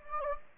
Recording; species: mosquito wingbeat signal from an infrared sensor; Anopheles gambiae